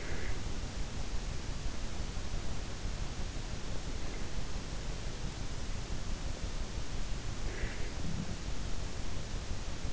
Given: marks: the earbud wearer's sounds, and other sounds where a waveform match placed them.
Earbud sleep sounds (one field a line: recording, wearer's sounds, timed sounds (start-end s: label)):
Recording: sounds in sleep by an in-ear microphone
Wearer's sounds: breath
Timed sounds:
0.00-0.60 s: breath
7.37-7.92 s: breath